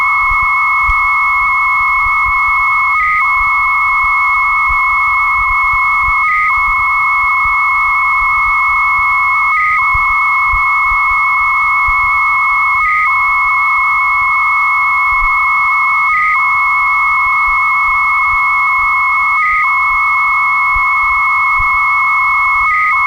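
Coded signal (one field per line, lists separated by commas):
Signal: 300-baud modem data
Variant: Bell 103 300 baud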